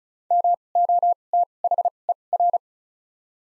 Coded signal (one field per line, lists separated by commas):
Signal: Morse code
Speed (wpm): 34 wpm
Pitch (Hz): 700 Hz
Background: none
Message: M O T H E R